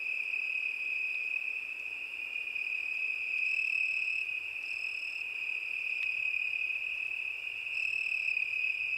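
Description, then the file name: Cricket chorus: an unbroken, even high trill carries throughout, joined now and then by extra shimmering chirps from neighbouring insects, over a faint low background hiss. Crickets at night. "Zvuki prirody - Noch sverchki"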